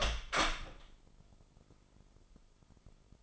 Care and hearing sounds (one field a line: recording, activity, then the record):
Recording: daily activity, microphone in the room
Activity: open door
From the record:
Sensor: 5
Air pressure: 996.0 hPa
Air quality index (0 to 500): 53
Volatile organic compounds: 1 ppm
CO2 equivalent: 872 ppm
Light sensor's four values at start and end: 42/99/41/43 and 42/98/41/43